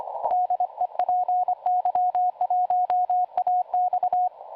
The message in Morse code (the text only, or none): DE PY1AX